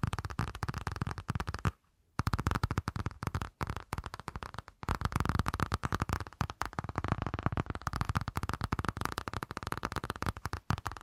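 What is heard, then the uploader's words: Fast tapping runs almost without pause, a dense stream of sharp clicks packed closely together with a full, thumping low end. The rhythm is rapid but uneven, with brief gaps near 2 seconds and around 3.5 and 4.7 seconds before the tapping resumes. ASMR 1 Hour Fast Tapping for Sleep (No Talking).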